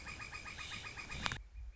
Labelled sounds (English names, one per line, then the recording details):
Northern Flicker
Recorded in Sonoma County, California